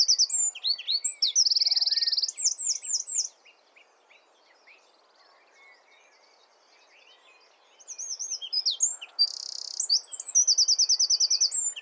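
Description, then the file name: Eurasian wren song: loud, high, rapid tumbling notes with buzzy trills, about three seconds long; a pause, then another outburst starting near the eighth second. "Troglodytes troglodytes"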